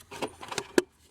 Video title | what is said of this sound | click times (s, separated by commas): How to Change the Cabin Air Filter on a Toyota Camry (2018, 2019, 2020, 2021, 2022, 2023) | Just snap both sides in, and you're good. | 0.6 s, 0.8 s